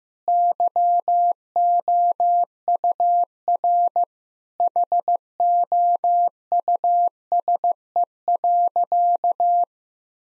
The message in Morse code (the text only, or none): YOUR HOUSE.